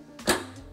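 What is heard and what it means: The body of a Traxxas TRX-4 Cheyenne High Trail K10 RC truck is pressed further down onto its clipless chassis mounts, with a faint broadband rustle starting around 0.2 s. A sharp, bright click at 0.3 s marks the second body latch clicking home, then it fades. The body is seated.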